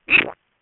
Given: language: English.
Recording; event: throat vibration sensor signal played as sound; swallow